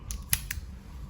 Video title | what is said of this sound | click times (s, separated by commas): แม่กุญแจดิจิตอล สแกนนิ้ว กันน้ำIP68 | คะล็อคอยู่นะคะกดล็อคค่ะ | 0.3 s